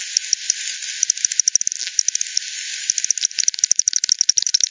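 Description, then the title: Bat echolocation calls heard as scattered dry ticks over steady hiss, growing into denser, faster clicking runs toward the end. Multiple bats at Hogsmill River, Hogsmill Lane, 7 October 2020 at 18:10 UTC; frequency-divided by ten, bandpass-filtered and resampled. "WW bat 20201007 T 18 : 10 Z-Hogsmill-Lane-Hogsmill-River-multiple-bats"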